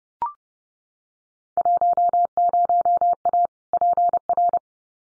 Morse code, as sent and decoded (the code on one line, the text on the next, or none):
.---- ----- .- / .--. .-.
10A PR